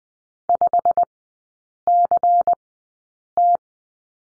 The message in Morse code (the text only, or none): 5CT